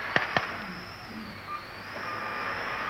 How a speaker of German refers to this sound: Alle fünf Minuten lassen wir Raketen steigen. Auf dem Eisbahn vor dem Feuer. Ihr findet uns leicht.